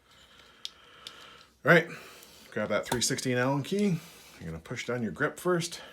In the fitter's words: push it up from the bottom and get it to click into place.